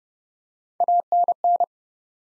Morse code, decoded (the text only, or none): ANN